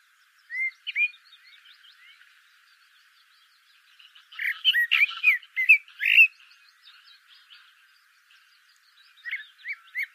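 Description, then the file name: Common blackbird song: a couple of whistled notes, then a dense burst of warbling and twittering, and a brief trio of quick notes to close. "Turdus merula"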